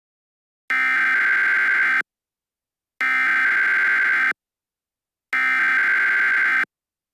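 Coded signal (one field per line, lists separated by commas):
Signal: Emergency Alert System (SAME) tones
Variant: header bursts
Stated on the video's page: A fictional EAS scenario about a Duke Energy terror event.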